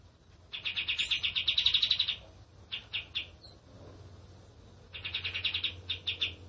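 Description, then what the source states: Bird song in bursts of rapid chirping trills, first a long run, then short groups of notes, a pause, and another fast run with brief breaks. Masteran recording for training cage birds: energetic 'gacor' song in the rapid-fire 'tembakan' style.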